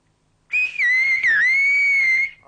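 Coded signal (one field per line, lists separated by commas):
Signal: whistled language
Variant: whistled Béarnais of Aas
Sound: one sustained whistle around 2 kHz, gliding down, dipping twice, then steady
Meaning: What time is it?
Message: kinoreille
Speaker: quelle heure est-il est-ce que ça irait ça ou ça irait bien comment ça se dit en patoi béarnet kinoreille kinoreille et qu'est-ce que ça donne en sifflet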